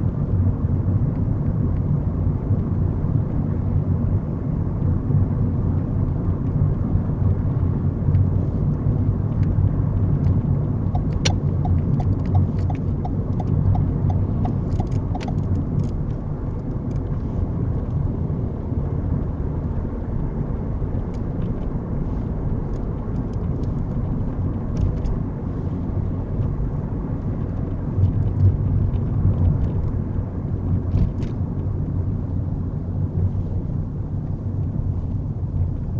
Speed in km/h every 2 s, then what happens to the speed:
39, 39, 40, 40, 40, 39, 39, 40, 42, 42, 44, 44, 44, 40, 37, 32, 27, 23.
0-23 steady at about 40. 23-36 slows to 23.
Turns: none.